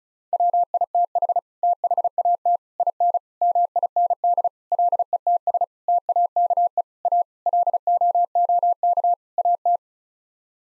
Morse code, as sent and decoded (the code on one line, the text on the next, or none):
.-- .. - .... / - .... .- - / .. -. / -- .. -. -.. / .-.. . - ... / - .- -.- . / .- / .-.. --- --- -.- / .- -
WITH THAT IN MIND LETS TAKE A LOOK AT